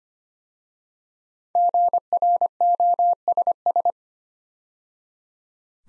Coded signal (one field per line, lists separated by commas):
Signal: Morse code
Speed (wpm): 25 wpm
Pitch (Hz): 700 Hz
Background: none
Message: GROSS